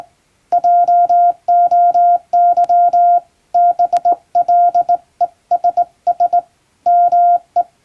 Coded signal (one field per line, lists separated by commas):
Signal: Morse code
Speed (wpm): 21 wpm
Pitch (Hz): 700 Hz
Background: none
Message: JOY BLESS ME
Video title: 【morse practice】thisi is straight key's Morse code practice video. There is a morse exam in japan.